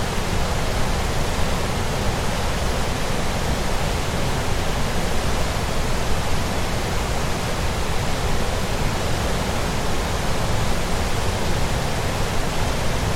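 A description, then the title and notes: A waterfall roars in a steady, dense rush of falling water, full from deep rumble to bright hiss, unchanging throughout with no distinct events. Gullfoss Waterfall Sound. The steady rush of water from this famous Icelandic waterfall.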